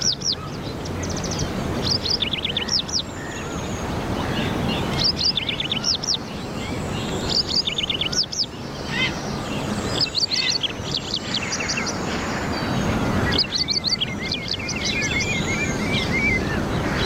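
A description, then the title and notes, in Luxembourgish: A dawn chorus outdoors, with several birds singing bright, fast chirping phrases that recur every couple of seconds throughout. Beneath the song sits a steady low rumble of background noise. Dawn Chorus. De Chouer vum fréie Mueren - live aus Irland. Anne’s Park an der Bull Island bei Dublin.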